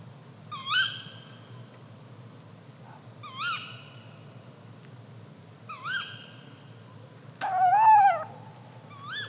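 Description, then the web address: Bird calls: short upswept notes repeated roughly every two and a half seconds, then one longer, wavering, warbling cry. "fagelljud PVU 22 kaugg"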